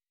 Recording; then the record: hydrophone in a shrimp aquaculture tank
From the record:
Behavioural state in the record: weakened